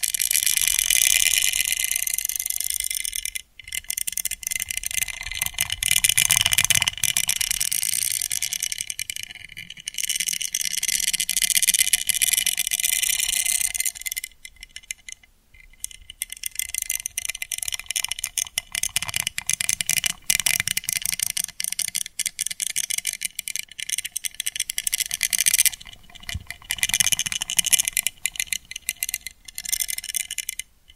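Ear cleaning sounds made of dense, bright scratching and rustling that runs almost without pause. The crackle comes in sweeping bursts with brief quiet gaps near 4, 15 and 25 seconds, with rapid tiny ticks throughout and a faint low hum underneath.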